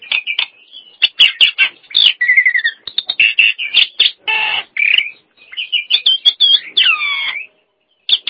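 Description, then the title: Nias hill myna giving a jumbled sequence of sharp clicks, squeaky whistles and raspy bursts, with a few looping whistled notes near the end. "Jalak Nias"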